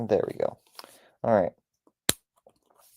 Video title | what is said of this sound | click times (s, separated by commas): Working on my Trackmaster Duck Custom! | Oh, that was a satisfying click. | 2.1 s